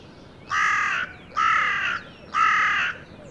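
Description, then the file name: Carrion crow calling three long, hoarse caws in steady succession, each lasting about half a second, over quiet background. "Corvus corone"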